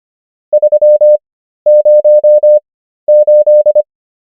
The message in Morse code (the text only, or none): 308